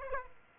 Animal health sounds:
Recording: mosquito wingbeat signal from an infrared sensor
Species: Aedes aegypti

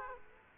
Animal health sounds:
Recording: mosquito wingbeat signal from an infrared sensor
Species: Aedes aegypti

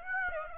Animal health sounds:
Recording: mosquito wingbeat signal from an infrared sensor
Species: Aedes aegypti

